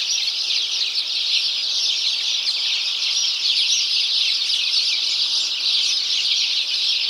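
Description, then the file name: House sparrows in a dense chirping chorus, many overlapping high chirps forming a steady unbroken chatter throughout. "Passer domesticus"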